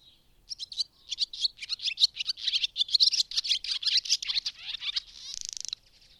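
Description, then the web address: Bird singing a steady run of rapid, high chirping notes that build in loudness, closing with a short buzzy trill. "madarak enek"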